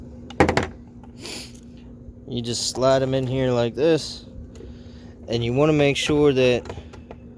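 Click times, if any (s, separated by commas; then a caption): none. A small retaining piece, apparently plastic, is slid by hand into a slot in the plastic housing of a Shark pool vacuum, with a burst of sharp knocks around 0.3 to 0.6 s and quieter handling noise afterward while someone talks. Nothing has seated or snapped into place yet by the end of the clip.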